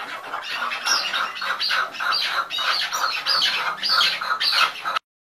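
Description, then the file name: Chukar partridge calling in a series of harsh, clucking chuck notes that stops abruptly. "canto do perdiz chucar"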